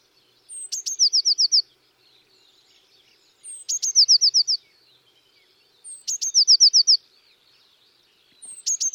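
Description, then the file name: Eurasian blue tit calling: a thin high introductory note then a fast trill of about five notes, the phrase repeated roughly every two and a half seconds. "Cyanistes caeruleus"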